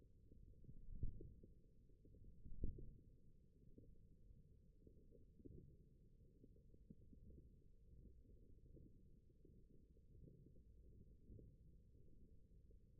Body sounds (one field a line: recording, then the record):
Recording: forearm muscle sounds (acoustic myography)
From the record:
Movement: wrist extension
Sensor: system 1, eight BSWA MPA416 microphones around the upper forearm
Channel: 5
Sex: male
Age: 21 years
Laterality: right